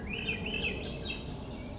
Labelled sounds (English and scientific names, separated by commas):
Swainson's Thrush (Catharus ustulatus)